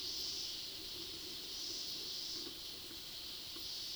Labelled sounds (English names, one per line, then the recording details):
none
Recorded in pastures near Puerto Asís, Putumayo, Colombia, on 19 February 2024 at 16:30
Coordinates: 0.497, -76.327
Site G7276